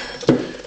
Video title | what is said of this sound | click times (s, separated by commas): Changing scooter clutch springs the EASY way - Part 2 | it pops right in so | 0.3 s